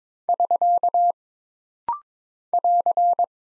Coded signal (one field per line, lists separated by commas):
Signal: Morse code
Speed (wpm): 22 wpm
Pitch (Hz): 700 Hz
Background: none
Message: <SK> <AR>